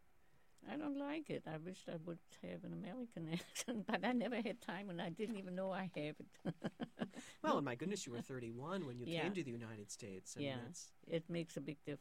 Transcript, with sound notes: -- I don't like it, I wished I would have an American accent, but I never had time when I didn't even know I have it. (laughs)
Well my goodness, you were thirty-one when you came to the United States, I mean, that's --
It makes a big difference.